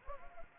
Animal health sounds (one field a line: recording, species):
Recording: mosquito wingbeat signal from an infrared sensor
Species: Anopheles gambiae